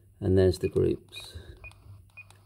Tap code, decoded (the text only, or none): none